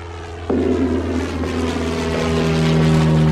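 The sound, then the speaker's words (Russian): Huge Messerschmitt 264 and Heinkel 177 propeller aircraft take off from a Luftwaffe airfield near Oslo, the engines roaring up abruptly and holding a loud, steady drone with deep harmonic hum, slowly building in intensity. “С нового аэродрома Люфтваффе под Осло каждый день взлетали огромные Мессершмитты 264 и Хенкели 177, направлявшиеся в район арктической базы.”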